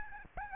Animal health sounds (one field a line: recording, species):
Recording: mosquito wingbeat signal from an infrared sensor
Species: Aedes albopictus